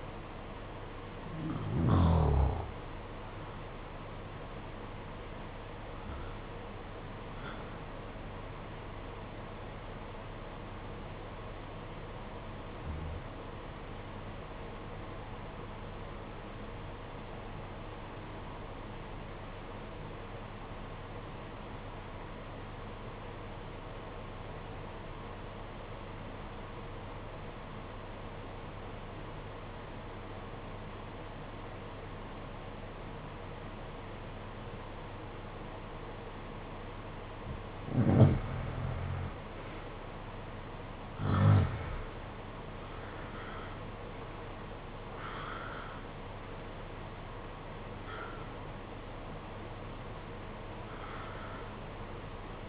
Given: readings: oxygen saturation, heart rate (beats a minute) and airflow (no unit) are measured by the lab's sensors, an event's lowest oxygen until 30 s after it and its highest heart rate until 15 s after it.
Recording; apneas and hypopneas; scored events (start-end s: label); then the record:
breathing in sleep by a voice recorder at the bedside; 1
11.00-38.40 s: obstructive apnea (REM, oxygen 95% highest, then 75% lowest, heart rate 55 at the start, 80 highest)
From the record:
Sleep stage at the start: REM sleep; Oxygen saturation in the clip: 75 to 95%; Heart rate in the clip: 53 to 80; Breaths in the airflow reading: 7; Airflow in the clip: -12.7 to 12.9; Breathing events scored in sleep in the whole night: 476 in 9.7 hours asleep